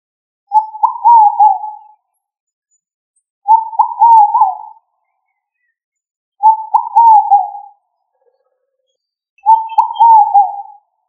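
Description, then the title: Pigeon cooing: four warbled, wavering phrases, each lasting over a second, repeated roughly every three seconds with silence between them. "Familia ColumbidaePomba"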